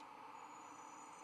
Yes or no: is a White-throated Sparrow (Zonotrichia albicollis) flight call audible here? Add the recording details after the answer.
no. No flight call is heard. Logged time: 06:20 on 1 December 2014